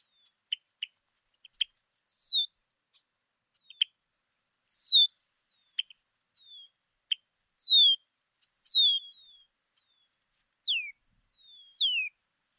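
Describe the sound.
Red-winged blackbird calls: short ticking notes mixed with longer high downslurred whistles, the later ones steeper and drawn out, over twelve seconds.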